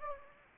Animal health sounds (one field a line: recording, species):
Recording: mosquito wingbeat signal from an infrared sensor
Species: Anopheles gambiae